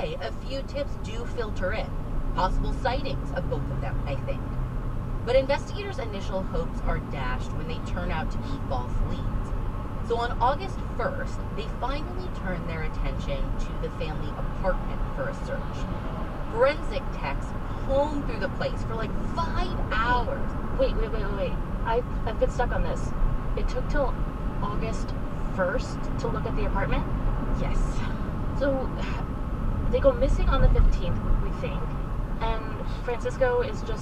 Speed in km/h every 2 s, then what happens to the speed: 35, 40, 42, 44, 45, 47, 48, 48, 50, 48, 48, 48, 52, 53, 53, 52, 48.
0-11 speeds up to 48. 11-30 steady at about 48.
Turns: none.